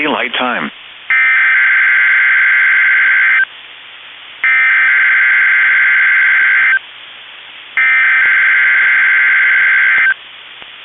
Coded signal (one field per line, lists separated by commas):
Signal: Emergency Alert System (SAME) tones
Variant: header bursts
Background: speech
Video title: KEC65 Required Weekly Test (EAS #263)